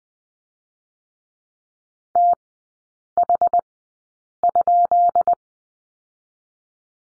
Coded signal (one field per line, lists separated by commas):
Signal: Morse code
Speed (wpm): 20 wpm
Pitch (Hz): 700 Hz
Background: none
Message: TH?